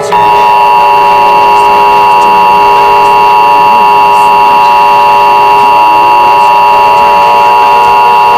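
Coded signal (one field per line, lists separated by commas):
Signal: Emergency Alert System (SAME) tones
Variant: 853 and 960 Hz attention tone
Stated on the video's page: Fictional EAS scenario about a tornado hitting Detroit.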